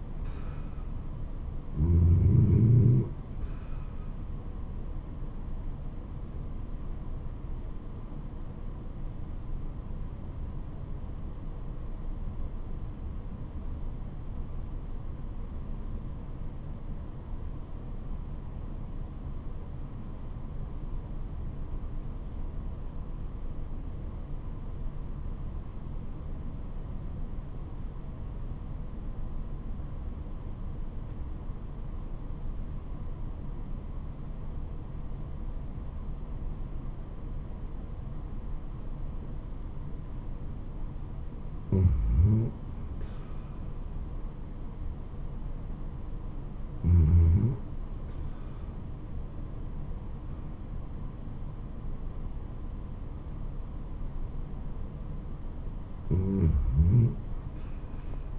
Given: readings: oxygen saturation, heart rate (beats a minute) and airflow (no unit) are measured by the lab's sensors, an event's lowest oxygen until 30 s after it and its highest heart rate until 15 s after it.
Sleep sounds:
breathing in sleep by a smartphone at the bedside; 1
8.00-43.50 s: obstructive apnea (REM, oxygen 94% highest, then 76% lowest, heart rate 70 at the start, 93 highest)
From the record:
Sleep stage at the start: REM sleep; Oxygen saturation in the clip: 84 to 94%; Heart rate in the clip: 65 to 93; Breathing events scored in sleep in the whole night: 426 in 7.4 hours asleep

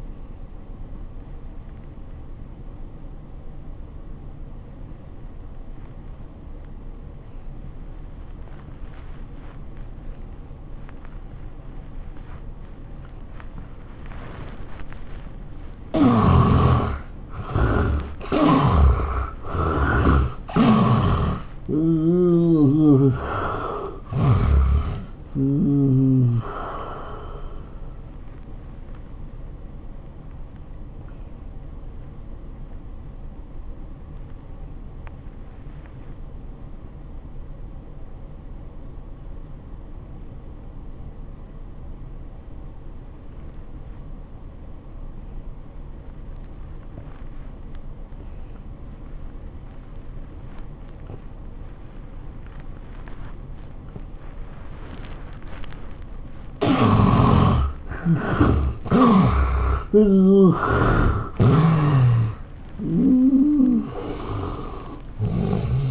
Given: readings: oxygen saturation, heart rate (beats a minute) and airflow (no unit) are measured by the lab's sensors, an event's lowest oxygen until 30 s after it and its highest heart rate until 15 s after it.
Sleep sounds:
breathing in sleep by a smartphone at the bedside; 2
5.00-16.40 s: obstructive apnea (N1, oxygen 89% highest, then 73% lowest, heart rate 78 at the start, 101 highest)
35.00-57.90 s: obstructive apnea (N1, oxygen 97% highest, then 71% lowest, heart rate 77 at the start, 101 highest)
From the record:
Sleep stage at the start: N1 (lightest sleep); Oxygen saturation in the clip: 70 to 97%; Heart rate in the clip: 69 to 101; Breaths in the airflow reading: 8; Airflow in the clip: -12.7 to 12.4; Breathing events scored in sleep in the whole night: 403 in 5.5 hours asleep

